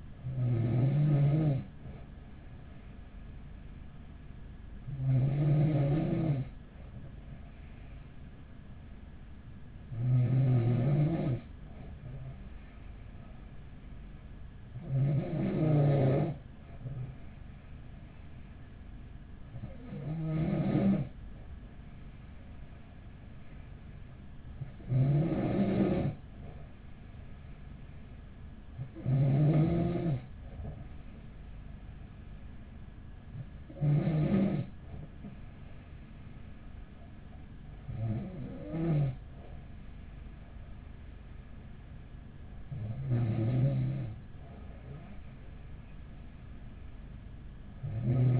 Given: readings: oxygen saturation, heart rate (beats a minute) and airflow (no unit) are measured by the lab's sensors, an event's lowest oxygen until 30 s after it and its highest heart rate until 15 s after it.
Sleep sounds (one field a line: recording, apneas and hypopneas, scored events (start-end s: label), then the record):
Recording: breathing in sleep by a smartphone at the bedside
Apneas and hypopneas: none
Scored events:
none scored
From the record:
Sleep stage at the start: N2 (light sleep)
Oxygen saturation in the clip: 94 to 95%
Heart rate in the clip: 42 to 45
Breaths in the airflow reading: 10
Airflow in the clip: -5.8 to 4.8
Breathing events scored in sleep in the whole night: 207 in 7.6 hours asleep